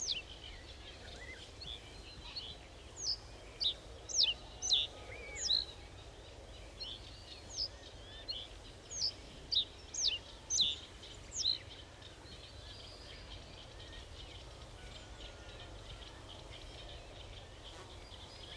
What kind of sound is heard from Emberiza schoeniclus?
song